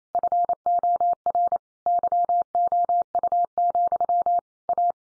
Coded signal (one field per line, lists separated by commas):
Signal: Morse code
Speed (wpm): 28 wpm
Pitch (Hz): 700 Hz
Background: none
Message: FOR YOU, A